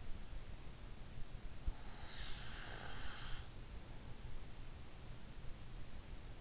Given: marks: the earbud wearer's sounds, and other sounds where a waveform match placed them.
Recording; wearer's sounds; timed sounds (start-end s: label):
sounds in sleep by an in-ear microphone; breath
1.81-4.19 s: breath